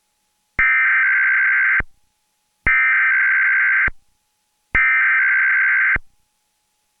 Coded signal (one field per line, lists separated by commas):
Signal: Emergency Alert System (SAME) tones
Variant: header bursts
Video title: EAS #68: EAS Required Weekly Test- Aug. 10, 2015- 11:00AM PDT